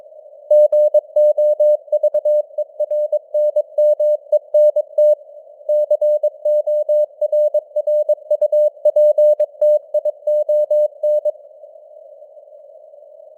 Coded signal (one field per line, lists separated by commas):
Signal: Morse code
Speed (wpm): 22 wpm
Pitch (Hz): 600 Hz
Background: none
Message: GOVERNMENT CORRUPTION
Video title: Morse Code News | 2025-11-17 | 22wpm